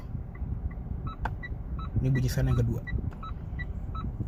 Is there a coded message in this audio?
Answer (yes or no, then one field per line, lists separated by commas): no